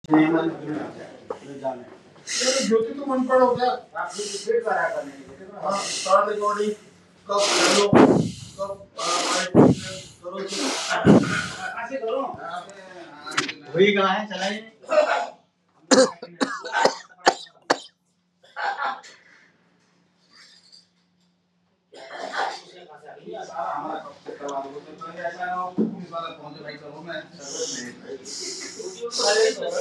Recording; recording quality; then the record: shallow breathing; moderate, slight background noise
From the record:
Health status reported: healthy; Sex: male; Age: 52 years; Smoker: no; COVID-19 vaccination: both doses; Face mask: worn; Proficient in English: yes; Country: India